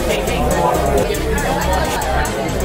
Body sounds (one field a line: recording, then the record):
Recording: background sound without coughing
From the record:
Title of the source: Nightlife Party Simulating Party Club Noise 1 Hour